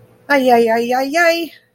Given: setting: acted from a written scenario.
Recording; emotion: vocal sound without words; fear